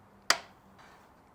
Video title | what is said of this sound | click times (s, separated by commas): Final assembly for a Ferrari F355 Engine | So, that one just snapped in place. | 0.3 s